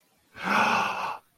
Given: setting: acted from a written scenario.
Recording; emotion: vocal sound without words; elation